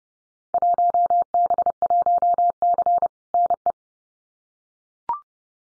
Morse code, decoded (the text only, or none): 1B1C NE